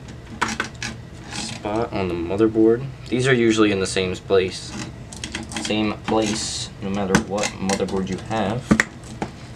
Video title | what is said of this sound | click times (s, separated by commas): Ryzen 7 1700 & GTX 1080 Build Guide | click that in you'll actually hear it click | 9.2 s